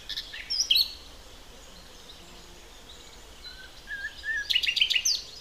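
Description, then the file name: Common nightingale song phrases: loud opening notes, a pause, a few soft whistles on one pitch, then a rapid, rich burst of high notes. "Luscinia megarhynchos"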